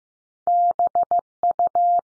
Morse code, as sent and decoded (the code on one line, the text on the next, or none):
-... / ..-
B U